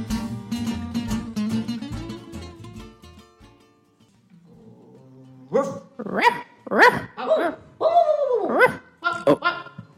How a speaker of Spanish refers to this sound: ¿Oyes? ¿Oyes ese montón de perritos que ladran? Escucha con atención. ¿Oyes el que está ladrando ahora?